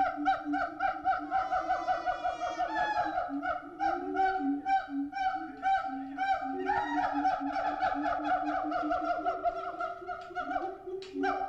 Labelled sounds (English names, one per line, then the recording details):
Siamang
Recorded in captivity
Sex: pair
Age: adult
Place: Zoo Berlin, Berlin, DE
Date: 1985-09-13
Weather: sonnig, 14 - 18°C
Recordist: Tembrock, Günter